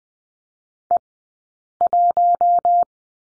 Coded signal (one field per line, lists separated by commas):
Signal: Morse code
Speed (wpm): 19 wpm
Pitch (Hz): 700 Hz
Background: none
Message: E 1